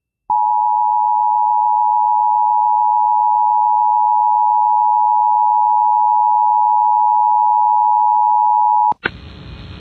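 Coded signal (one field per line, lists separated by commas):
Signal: Emergency Alert System (SAME) tones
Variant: 853 and 960 Hz attention tone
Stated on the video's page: EAS severe weather alerts from Indiana that interrupted songs.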